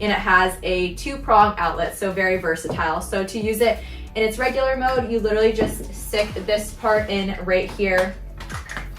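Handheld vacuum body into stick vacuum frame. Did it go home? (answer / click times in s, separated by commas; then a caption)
no / none. Someone talks over background music while handling a Bissell Featherweight vacuum, lining up its plastic handheld vacuum body to push into its slot on the stick/upright frame. A few brief handling knocks are heard near the end, around 8.4 to 8.8 s. The clip ends before the part goes home, so nothing has seated or clicked yet.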